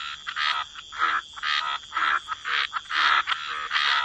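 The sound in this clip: Frog chorus of gravelly croaks in separate, unevenly spaced bursts, backed by a steady thin high tone.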